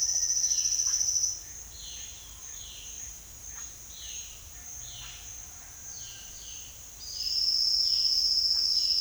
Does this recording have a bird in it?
yes